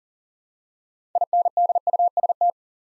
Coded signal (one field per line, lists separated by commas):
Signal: Morse code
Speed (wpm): 40 wpm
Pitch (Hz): 700 Hz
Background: none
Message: INDUST